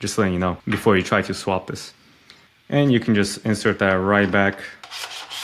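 A storage drive tray is handled and pushed back toward a Ubiquiti UniFi Cloud Gateway Max (UCG-Max) network gateway after a Torx 9 screw is mentioned, while someone talks over soft rubbing handling sounds. Nothing has seated or clicked yet by the end of the clip.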